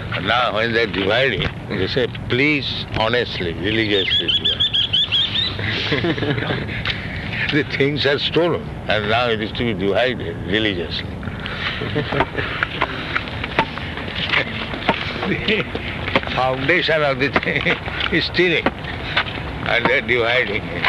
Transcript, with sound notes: Now, when they are dividing, they say, "Please honestly, religious divide." [laughs] The things are stolen, and now it is to be divided religiously. The foundation of the thing is stealing, and they are dividing in...